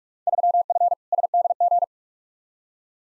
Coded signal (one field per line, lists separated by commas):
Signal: Morse code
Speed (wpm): 46 wpm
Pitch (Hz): 700 Hz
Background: none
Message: 3F SDG